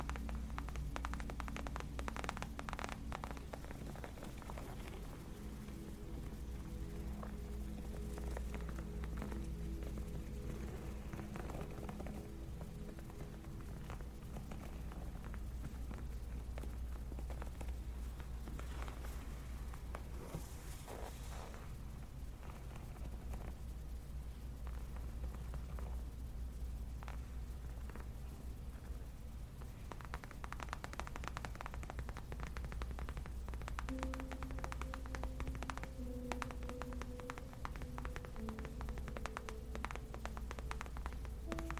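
Gentle tapping on leather patters steadily throughout, soft quick taps over a constant low hum with faint shifting tones in the background.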